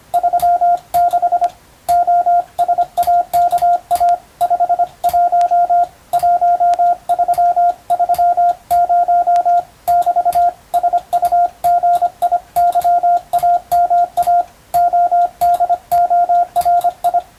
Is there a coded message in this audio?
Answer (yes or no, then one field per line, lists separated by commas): yes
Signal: Morse code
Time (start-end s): 0.1-17.2 s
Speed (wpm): 25 wpm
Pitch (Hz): 700 Hz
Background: radio noise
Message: 36 OSAKA 51 1330 <BT> SUGIYAMA ODORI